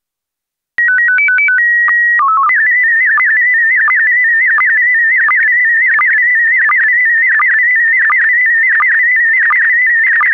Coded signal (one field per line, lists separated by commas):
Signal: SSTV (slow-scan television)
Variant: PD 90